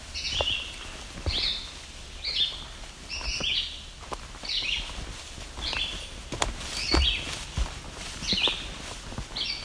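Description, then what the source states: Yellow-bellied Sapsucker squeaking steadily, each nasal mewing note roughly a second apart, over light rustles and occasional sharp taps. Squeak likened to a rubber toy or squeegee toy.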